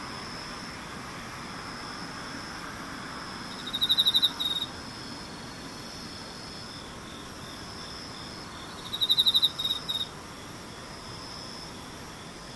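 Insects trill in a steady high hiss, with two brief louder chirping bursts near four and nine seconds over a quiet low background.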